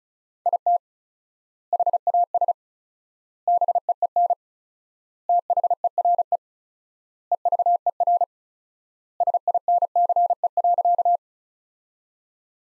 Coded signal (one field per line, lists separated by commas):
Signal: Morse code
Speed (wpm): 36 wpm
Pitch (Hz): 700 Hz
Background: none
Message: IT HAS BEEN THERE EVER SINCE.